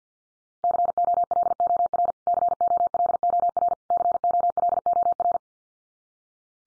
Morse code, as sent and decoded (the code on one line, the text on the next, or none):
-.-. --- .-.. --- .-. / -.-. --- .-.. --- .-. / -.-. --- .-.. --- .-.
COLOR COLOR COLOR